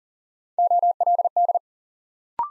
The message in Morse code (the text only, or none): OLD